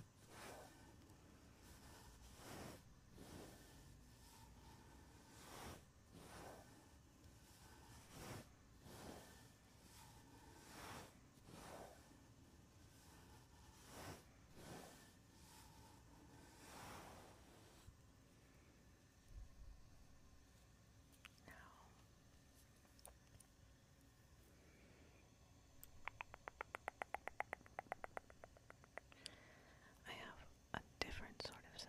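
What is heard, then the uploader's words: Fingers rub and brush over a mic cover in slow repeated strokes, then quieter scratching, ending with rapid sharp tapping near the close. ASMR mic touching // fuzzy cover, foam cover, bare mic //.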